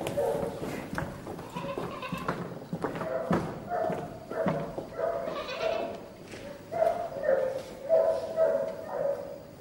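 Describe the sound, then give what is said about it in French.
Dogs bark repeatedly in short, mid-pitched bursts, an irregular and agitated chorus that keeps going without pause for the whole stretch, with the yaps overlapping one another at moderate loudness. “Les chiens sont enragés. Ils ne vont pas nous laisser dormir.”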